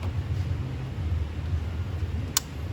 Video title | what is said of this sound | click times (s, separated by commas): Automotive air conditioning diagnosis UniKL MFI part (2/4) by Assoc. Prof. Dr. Md Amin Md Nor | all right okay that is the click down okay so ensure that you can touch | 2.4 s